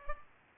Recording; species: mosquito wingbeat signal from an infrared sensor; Culex pipiens